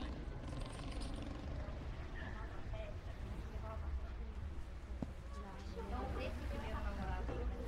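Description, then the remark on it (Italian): A tractor engine rumbles steadily underneath, a constant low drone lasting throughout, while voices talk over it. “Sentiamo un trattore in sottofondo.”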